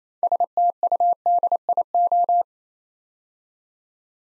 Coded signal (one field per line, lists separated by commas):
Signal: Morse code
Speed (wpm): 27 wpm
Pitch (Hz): 700 Hz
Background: none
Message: STUDIO